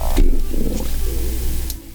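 Low, irregular gurgling rumble of an adult's growling stomach, replayed with the volume turned up; ordinary bowel sounds.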